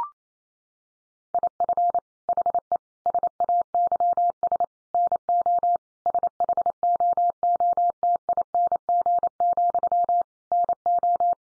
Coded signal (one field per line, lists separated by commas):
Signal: Morse code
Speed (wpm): 28 wpm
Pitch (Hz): 700 Hz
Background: none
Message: IF HE SAYS NO SHOOTING, NO